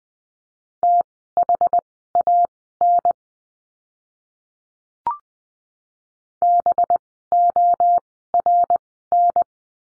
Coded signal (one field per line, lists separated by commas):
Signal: Morse code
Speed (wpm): 20 wpm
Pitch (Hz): 700 Hz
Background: none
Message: THAN BORN